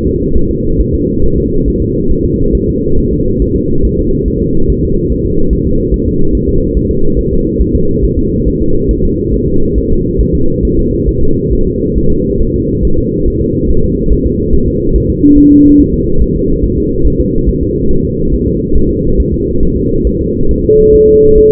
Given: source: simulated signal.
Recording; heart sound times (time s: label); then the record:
fetal heart sounds
0.07 s: S2
0.37 s: S1
0.51 s: S2
0.81 s: S1
0.95 s: S2
1.24 s: S1
1.38 s: S2
1.68 s: S1
1.82 s: S2
2.11 s: S1
2.25 s: S2
2.55 s: S1
2.69 s: S2
2.99 s: S1
3.13 s: S2
3.42 s: S1
3.56 s: S2
3.85 s: S1
3.99 s: S2
4.28 s: S1
4.42 s: S2
4.70 s: S1
4.84 s: S2
5.12 s: S1
5.26 s: S2
5.53 s: S1
5.67 s: S2
5.94 s: S1
6.08 s: S2
6.35 s: S1
6.49 s: S2
6.77 s: S1
6.91 s: S2
7.19 s: S1
7.33 s: S2
7.61 s: S1
7.75 s: S2
8.05 s: S1
8.19 s: S2
8.48 s: S1
8.62 s: S2
8.91 s: S1
9.05 s: S2
9.34 s: S1
9.48 s: S2
9.78 s: S1
9.92 s: S2
10.21 s: S1
10.35 s: S2
10.65 s: S1
10.79 s: S2
11.09 s: S1
11.23 s: S2
11.53 s: S1
11.67 s: S2
11.98 s: S1
12.12 s: S2
12.42 s: S1
12.56 s: S2
12.85 s: S1
12.99 s: S2
13.28 s: S1
13.42 s: S2
13.70 s: S1
13.84 s: S2
14.13 s: S1
14.27 s: S2
14.55 s: S1
14.68 s: S2
14.96 s: S1
15.10 s: S2
15.38 s: S1
15.52 s: S2
15.80 s: S1
15.94 s: S2
16.22 s: S1
16.36 s: S2
16.64 s: S1
16.78 s: S2
17.06 s: S1
17.20 s: S2
17.49 s: S1
17.63 s: S2
17.91 s: S1
18.05 s: S2
18.34 s: S1
18.48 s: S2
18.77 s: S1
18.91 s: S2
19.20 s: S1
19.34 s: S2
19.63 s: S1
19.77 s: S2
20.07 s: S1
20.21 s: S2
20.51 s: S1
20.65 s: S2
20.95 s: S1
21.09 s: S2
21.38 s: S1
From the record:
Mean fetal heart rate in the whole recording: 140 bpm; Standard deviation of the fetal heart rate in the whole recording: 2 bpm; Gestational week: 34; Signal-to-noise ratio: -17.7 dB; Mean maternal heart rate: 72 bpm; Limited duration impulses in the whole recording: present